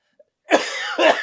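A man who is sick and full of phlegm coughs three times in quick succession, a dad cough.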